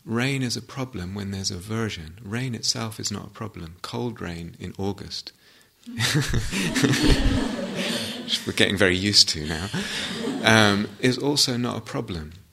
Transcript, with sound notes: Rain is a problem when there's aversion. Rain itself is not a problem. Cold rain in August... [laughter] which we're getting very used to now, is also not a problem.